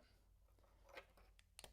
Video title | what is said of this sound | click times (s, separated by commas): RAM OEM Halogen to OEM LED Tail Light Conversion | plug it in place you can hear it click safety adapter clicks in | 1.6 s